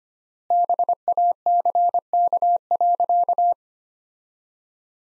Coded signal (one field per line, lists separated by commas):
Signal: Morse code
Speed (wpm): 25 wpm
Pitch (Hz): 700 Hz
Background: none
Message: BACK.